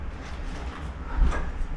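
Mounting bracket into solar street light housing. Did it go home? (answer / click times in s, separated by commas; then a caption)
no / none. A mounting bracket is positioned and lined up with the housing of a SAKER PLUS solar street light before being slid in, giving low, steady handling and rubbing noise with a slightly louder scrape around 1.2 seconds. Nothing has seated or clicked yet.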